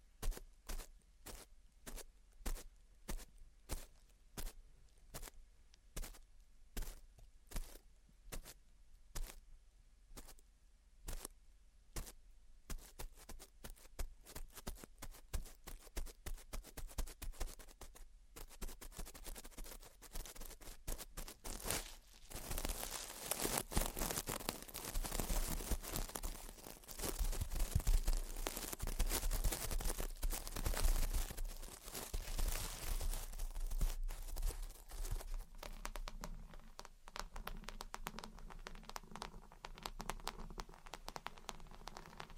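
Gentle tapping and scratching. For the first dozen seconds, crisp taps land at an even pace of about two per second. Then the sound thickens into dense, continuous scratching with scattered taps, loudest around the middle, and settles into a steadier rustle toward the end.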